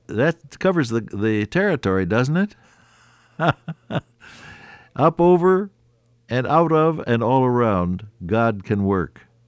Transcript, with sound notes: that covers the territory, doesn’t it? [chuckle] Up over, and out of, and all around, God can work.